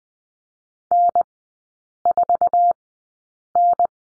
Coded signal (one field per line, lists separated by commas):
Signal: Morse code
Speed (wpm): 20 wpm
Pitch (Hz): 700 Hz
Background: none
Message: N4N